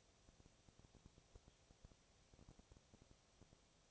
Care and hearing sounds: daily activity, microphone in the room; no activity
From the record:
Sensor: 1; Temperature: 19.8 degrees Celsius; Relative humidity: 37.9%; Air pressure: 998.8 hPa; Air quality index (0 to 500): 233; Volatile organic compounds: 133 ppm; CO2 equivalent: 3942 ppm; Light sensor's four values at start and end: 1/2/1/1 and 1/2/1/1

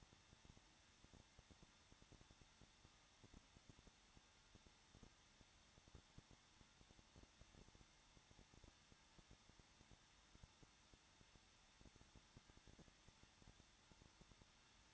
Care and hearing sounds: daily activity, microphone in the room; no activity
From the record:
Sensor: 3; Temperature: 21.2 degrees Celsius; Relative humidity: 36.4%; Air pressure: 1006.3 hPa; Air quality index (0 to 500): 223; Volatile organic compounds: 43 ppm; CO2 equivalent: 3200 ppm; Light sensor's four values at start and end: 2/3/2/2 and 2/3/2/2

